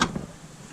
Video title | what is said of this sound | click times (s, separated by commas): 200 6 FORD F 150 Headlights HALOGEN to LED Conversion. CREE Lighting DIY | yeah and you get snap and | 0.0 s